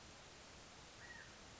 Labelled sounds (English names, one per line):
California Quail